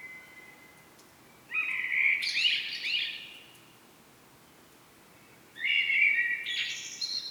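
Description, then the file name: Common blackbird song: two separate phrases, each ending in a higher, squeaky twitter, with a pause of about two seconds between them. "Turdus merula"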